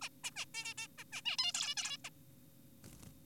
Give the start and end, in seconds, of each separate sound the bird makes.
0.02-0.09, 0.24-0.31, 0.36-0.45, 0.55-0.74, 0.78-0.87, 0.98-1.04, 1.12-1.21, 1.25-1.37, 1.39-1.53, 1.55-1.75, 1.77-1.97, 2.05-2.10